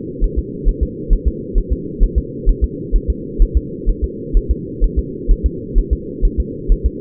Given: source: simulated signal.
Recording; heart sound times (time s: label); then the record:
fetal heart sounds
0.24 s: S1
0.39 s: S2
0.69 s: S1
0.83 s: S2
1.13 s: S1
1.28 s: S2
1.58 s: S1
1.73 s: S2
2.04 s: S1
2.18 s: S2
2.49 s: S1
2.64 s: S2
2.96 s: S1
3.10 s: S2
3.42 s: S1
3.57 s: S2
3.90 s: S1
4.04 s: S2
4.37 s: S1
4.51 s: S2
4.84 s: S1
4.99 s: S2
5.32 s: S1
5.46 s: S2
5.79 s: S1
5.93 s: S2
6.25 s: S1
6.40 s: S2
6.72 s: S1
6.86 s: S2
From the record:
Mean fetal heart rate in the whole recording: 130 bpm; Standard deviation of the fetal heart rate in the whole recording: 2 bpm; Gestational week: 38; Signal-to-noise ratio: -4.1 dB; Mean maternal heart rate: no maternal heart sound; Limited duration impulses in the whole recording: absent